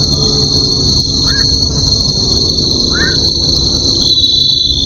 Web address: sikioto insect suzumushi